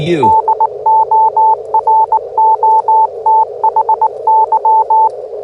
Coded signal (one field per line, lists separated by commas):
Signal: Morse code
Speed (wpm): 18 wpm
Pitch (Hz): 880 Hz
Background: speech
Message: DOROTHY